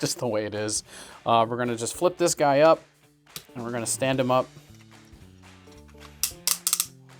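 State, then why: Seated. Someone talks while flipping up a plastic Power Rangers ZAP Megazord (2025) combining robot toy and standing it up, with music playing underneath. Its ratcheting leg joints click through their detents in sharp clicks at 6.2, 6.5 and 6.7 seconds, seating into position.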